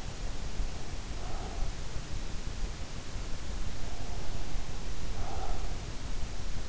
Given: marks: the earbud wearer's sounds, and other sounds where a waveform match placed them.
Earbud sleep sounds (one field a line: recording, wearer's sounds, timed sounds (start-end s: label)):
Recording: sounds in sleep by an in-ear microphone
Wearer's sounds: breath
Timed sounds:
1.00-1.78 s: breath
3.73-6.04 s: breath